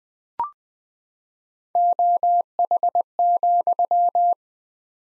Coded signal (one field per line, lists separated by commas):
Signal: Morse code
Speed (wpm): 20 wpm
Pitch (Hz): 700 Hz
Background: none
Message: OH,